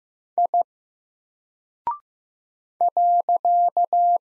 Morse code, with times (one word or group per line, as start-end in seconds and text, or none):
0.4-0.6 I
2.8-4.2 .